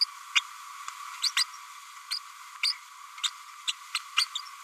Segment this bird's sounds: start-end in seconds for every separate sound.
0.01-0.05, 0.35-0.41, 1.23-1.31, 1.36-1.44, 2.10-2.19, 2.63-2.73, 3.67-3.73, 3.94-3.99, 4.16-4.26